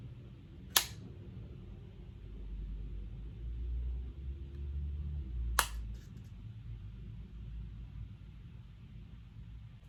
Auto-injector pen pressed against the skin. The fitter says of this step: after two clicks they're all good for a week you should take it the same